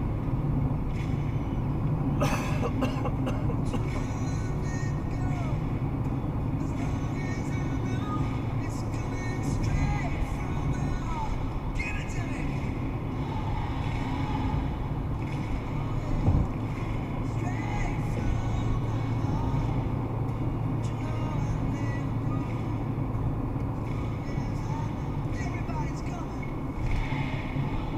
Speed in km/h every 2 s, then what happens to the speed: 116, 116, 116, 116, 114, 112, 112, 115, 118, 119, 118, 116, 111, 112.
0-28 steady at about 116.